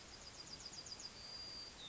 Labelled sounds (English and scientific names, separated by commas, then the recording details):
Yellowhammer (Emberiza citrinella) song
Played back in forest
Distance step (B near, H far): G
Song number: 117